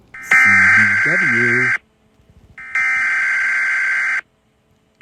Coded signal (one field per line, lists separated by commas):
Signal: Emergency Alert System (SAME) tones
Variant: header bursts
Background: speech